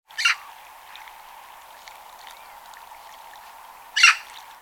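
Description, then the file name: Eurasian magpie giving a short harsh rasping call, repeated once about four seconds later, over a steady hissing background. "Pica pica"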